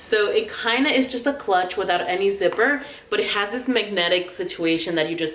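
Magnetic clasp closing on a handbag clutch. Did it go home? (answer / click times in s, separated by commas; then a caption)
no / none. A zipperless fabric clutch handbag with a magnetic clasp closure is handled while someone talks throughout. No distinct snap is heard, and the magnetic clasp has not yet snapped shut by the end of the clip.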